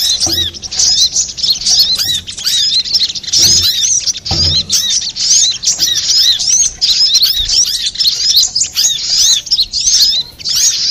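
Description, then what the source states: Little spiderhunter song: an unbroken, high, twittering chatter of quick arched notes, briefly dipping in loudness now and then, with a few soft low bumps. Master recording used for training cage birds.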